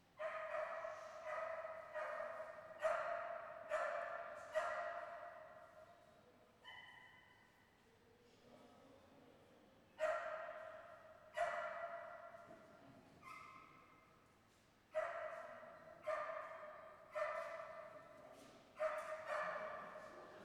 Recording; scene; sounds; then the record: everyday scene through a hearing-aid microphone; reverberant space; barking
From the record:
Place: railway station hall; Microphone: behind the ear, left, rear